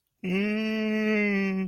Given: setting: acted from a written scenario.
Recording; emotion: vocal sound without words; sadness